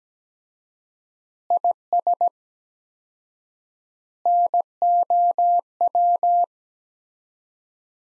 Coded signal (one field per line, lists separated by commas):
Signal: Morse code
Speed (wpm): 17 wpm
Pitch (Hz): 700 Hz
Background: none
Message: IS NOW